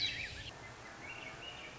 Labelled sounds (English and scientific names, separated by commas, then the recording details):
Swainson's Thrush (Catharus ustulatus)
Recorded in Sonoma County, California